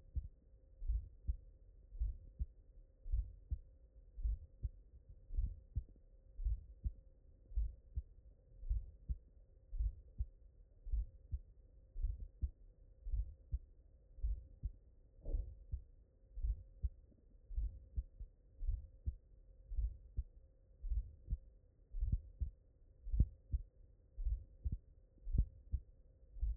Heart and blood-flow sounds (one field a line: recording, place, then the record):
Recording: heart sounds by stethoscope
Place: mitral valve (MV)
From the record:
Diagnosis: non-HFrEF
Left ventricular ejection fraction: 72%